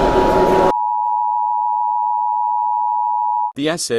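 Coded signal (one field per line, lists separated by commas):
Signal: Emergency Alert System (SAME) tones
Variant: 853 and 960 Hz attention tone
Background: speech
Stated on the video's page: Fictional EAS alarm for a Jurassic World scenario.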